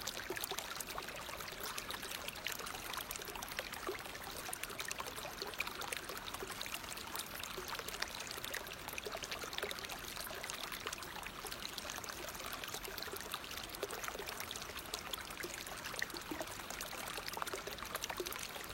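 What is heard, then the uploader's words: A water fountain splashes and trickles steadily, with dense, bright patter of falling droplets and little low rumble. The sound stays even throughout, with constant small splashes overlapping and no pauses or changes in flow. Water Fountain Sound.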